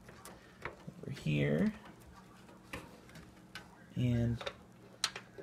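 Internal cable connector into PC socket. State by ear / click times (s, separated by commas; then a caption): seated / 5.0 s. A tucked cable's plastic connector is plugged into its socket inside a PC case, with a few small ticks and handling sounds around it while someone talks. The connector clicks into place at 5.0 seconds, and it is seated.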